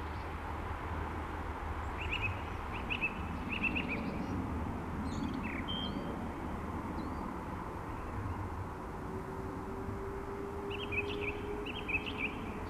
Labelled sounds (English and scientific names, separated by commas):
Song Thrush (Turdus philomelos) song